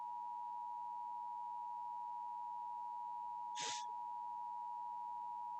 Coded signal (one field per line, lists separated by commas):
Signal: Emergency Alert System (SAME) tones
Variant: 853 and 960 Hz attention tone